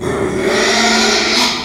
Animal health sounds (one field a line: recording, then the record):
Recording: squeal of a Yucatan mini pig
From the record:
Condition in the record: after surgery on the right vocal fold (resection and tissue-engineered implant)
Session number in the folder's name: 2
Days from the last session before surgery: 13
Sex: male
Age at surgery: 12 weeks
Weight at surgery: 13 kg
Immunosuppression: cyclosporine, prednisolone